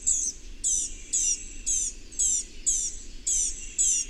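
Bird song: high, slightly downslurred chirps repeated about every half second, each note brief and bright, with quiet background noise.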